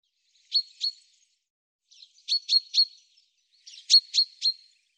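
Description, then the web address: Bird chirping in short bursts of two or three sharp, high notes, the groups separated by brief pauses. "Deverinetal 2025 File cleaned normalized Bird Fr Co"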